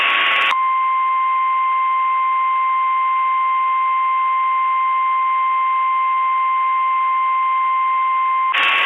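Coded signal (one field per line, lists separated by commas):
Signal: Emergency Alert System (SAME) tones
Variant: 1050 Hz attention tone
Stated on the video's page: Recreation of a 2008 alert, not an original broadcast.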